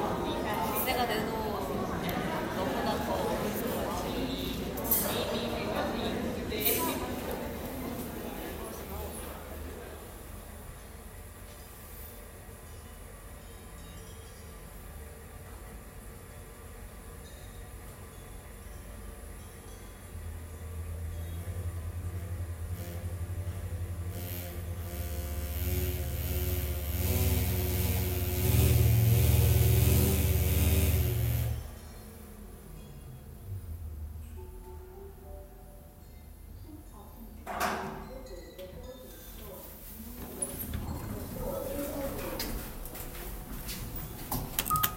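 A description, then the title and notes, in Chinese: Sounds in Seoul, Korea: voices and clatter fill the first ten seconds, then things settle into a steady hum. From about twenty seconds a deep rumble, like a passing train, swells and drops off sharply near thirty-two seconds, leaving quieter scattered knocks. 韓國首爾（서울）。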